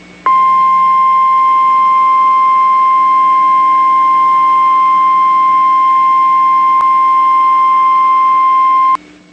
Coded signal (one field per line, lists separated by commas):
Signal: Emergency Alert System (SAME) tones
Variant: 1050 Hz attention tone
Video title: NOAA EAS CIVIL EMERGENCY MESSAGE 2/2/21